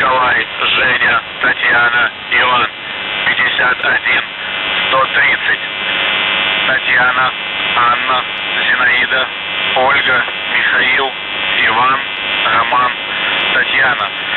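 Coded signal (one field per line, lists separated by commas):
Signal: numbers station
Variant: UVB-76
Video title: The Buzzer/UVB-76(4625Khz) June 2nd, 2023 09:49UTC Voice message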